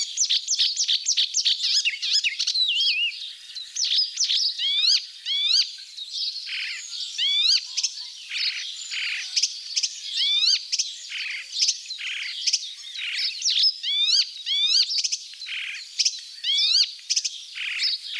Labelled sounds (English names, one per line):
Icterine Warbler song